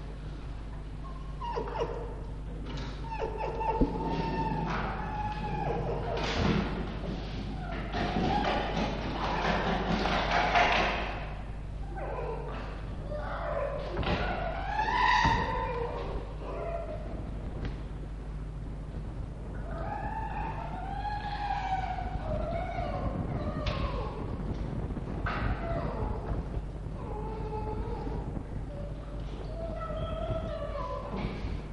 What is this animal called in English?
Red Fox